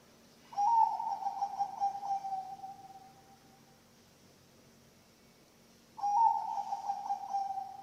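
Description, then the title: Zebra dove song with two bursts of quick, stuttering coos that start loud and taper off, with a short quiet spell between them. Bangkok-type zebra dove (perkutut bangkok) song, used as a master recording for training birds (masteran) and for luring (pancingan). "mster Mnuk. SUARA OCEHAN BURUNG PERKUTUT BANGKOK Untuk MASTERAN dan PANCINGAN"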